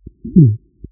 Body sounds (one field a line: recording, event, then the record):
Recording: neck accelerometer signal played as sound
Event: voluntary cough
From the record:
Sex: female